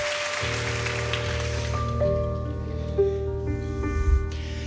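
audience applause

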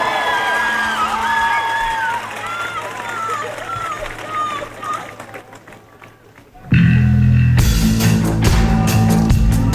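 concert crowd cheering

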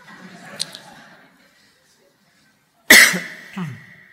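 coughing

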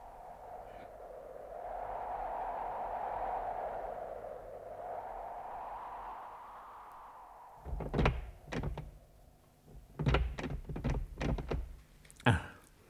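trying a locked door

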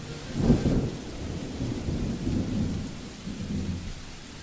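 rain with thunder

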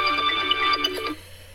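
phone ringtone

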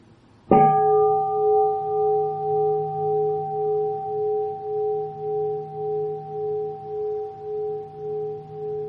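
meditation bell being struck

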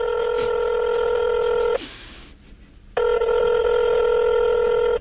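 telephone ringing

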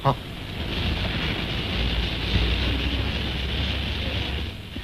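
locomotive releasing steam

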